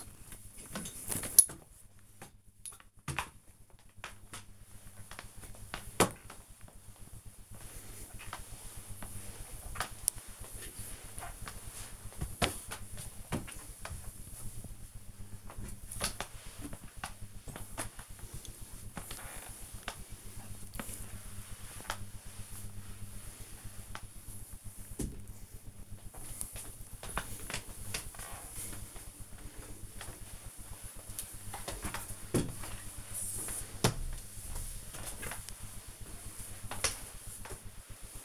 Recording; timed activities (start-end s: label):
household activities, microphone on the right wrist
0.00-38.25 s: floor cleaning